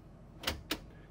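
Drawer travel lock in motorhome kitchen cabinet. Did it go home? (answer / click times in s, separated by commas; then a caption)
yes / 0.5 s, 0.7 s. A kitchen pantry drawer in a 2024 Newmar Ventana 4369 motorhome is pushed closed, and its travel lock engages so the drawer stays in place instead of flying out. Two sharp clicks are heard at 0.5 s and 0.7 s, and the drawer is locked shut.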